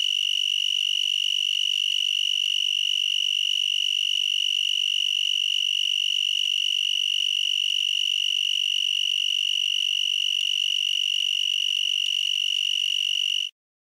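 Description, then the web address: Broad-winged tree cricket trilling continuously, a loud, even, high buzz with rapid pulses that holds steady for about thirteen seconds and then stops abruptly. "Crickets and Katydids. Broadwinged Tree Cricket, Oecanthus latipennis"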